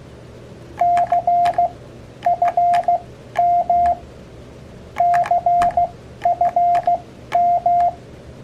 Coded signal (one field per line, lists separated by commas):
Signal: Morse code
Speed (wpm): 16 wpm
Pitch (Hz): 700 Hz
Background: none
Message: CFM CFM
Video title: 모스 부호 교신에 자주 사용되는 약어 배우기 | CW 약어 Abbreviations Part 1 | Learn Morse Code #morsecode #hamradio